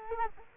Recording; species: mosquito wingbeat signal from an infrared sensor; Culex quinquefasciatus